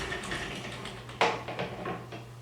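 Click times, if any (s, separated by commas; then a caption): 1.2 s. A retractable baby gate housing is pushed onto the adapter kit strapped to the banister post and seats with one sharp click at 1.2 s. A few softer taps follow over low background noise, and no one talks.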